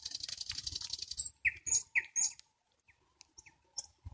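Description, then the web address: Nightingale song: a dry buzzy rattle, then loud clipped whistled notes, followed by sparse high ticks and short notes. "spiew slowika slowik wiejski"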